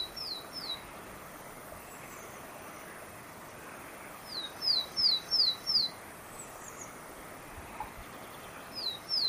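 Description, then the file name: Willow tit singing short series of clear, high, downslurred whistled notes: three notes, then a longer run, then two more, with fainter higher notes between; steady background hiss. Recorded at Mittelneufnach on 17 March 2013. "17 03 2013 Weidenmeise Mittelneufnach"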